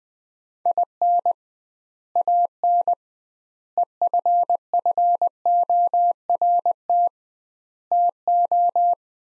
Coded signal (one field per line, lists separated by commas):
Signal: Morse code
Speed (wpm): 20 wpm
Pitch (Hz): 700 Hz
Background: none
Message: IN AN EFFORT TO